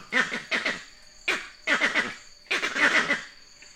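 Vervet monkey uttering throaty, pulsed chattering calls in several quick bursts, each a rapid series of rough harmonic notes, over a thin high insect hum.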